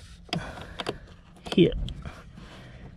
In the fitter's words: yeah also a little click or a small click and then